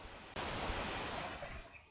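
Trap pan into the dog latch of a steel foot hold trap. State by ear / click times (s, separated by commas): not seated / none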